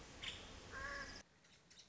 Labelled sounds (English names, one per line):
Nuttall's Woodpecker